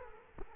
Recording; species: mosquito wingbeat signal from an infrared sensor; Culex quinquefasciatus